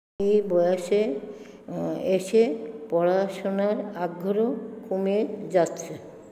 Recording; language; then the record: elicited speech; Bengali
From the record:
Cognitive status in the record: dementia